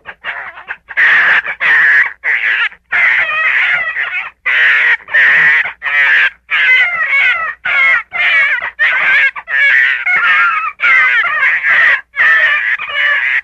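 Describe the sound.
Gray fox calling in a steady series of rough, wavering cries, roughly one and a half per second, growing denser after a softer start.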